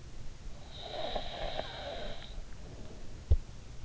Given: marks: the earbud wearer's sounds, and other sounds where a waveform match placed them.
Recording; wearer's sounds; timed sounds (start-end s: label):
sounds in sleep by an in-ear microphone; snoring breath
0.27-3.44 s: snoring breath